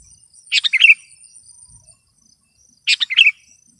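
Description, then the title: Sooty-headed bulbul giving two quick bubbly chirped phrases, about two seconds apart, in a quiet background. "kutilang"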